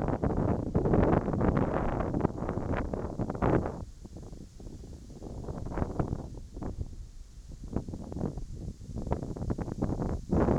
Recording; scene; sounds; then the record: everyday scene through a hearing-aid microphone; wind on the microphone; wind, whistling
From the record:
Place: in front of a rural house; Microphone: in the ear canal, right